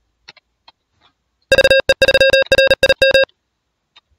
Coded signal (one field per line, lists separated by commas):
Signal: Morse code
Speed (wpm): 40 wpm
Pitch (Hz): 540 Hz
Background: none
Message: VE3RIM